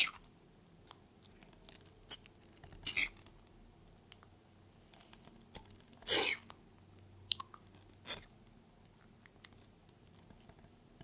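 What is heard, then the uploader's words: A pet tortoise eats watermelon in irregular wet bites and crunches, sharp clicks scattered between louder chomps near three, six and eight seconds. PET TORTOISE EATING CORONAVIRUS WATERMELON.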